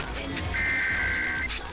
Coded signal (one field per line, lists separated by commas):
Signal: Emergency Alert System (SAME) tones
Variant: header bursts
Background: speech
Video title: [EAS #1520-#1522] Nebraska Monthly & KLLI Weekly Test